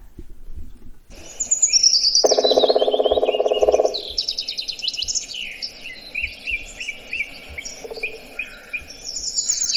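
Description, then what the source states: Black Woodpecker drumming, a fast, even roll of knocks lasting about one and a half seconds, while several songbirds twitter and whistle throughout. Drumming, which in woodpeckers takes the role of song in songbirds in spring: marking territory and attracting a partner.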